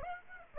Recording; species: mosquito wingbeat signal from an infrared sensor; Aedes aegypti